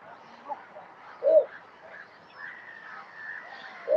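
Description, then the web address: Bittern giving two short, low, hollow notes about three seconds apart over soft background bird chatter. "animal-sound bittern-sound"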